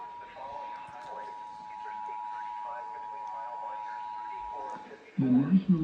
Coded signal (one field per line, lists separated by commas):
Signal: Emergency Alert System (SAME) tones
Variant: 853 and 960 Hz attention tone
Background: speech